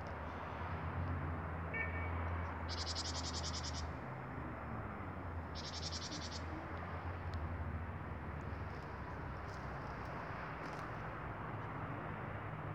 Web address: SETE Parus major